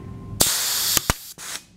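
A pneumatic rivet gun is triggered with light pressure on a CherryMax blind rivet in aircraft sheet metal, releasing a burst of air hiss. Two sharp clicks at 0.4 s and 1.1 s mark the rivet pulling up and the stem breaking off, followed by a shorter hiss. The rivet is seated.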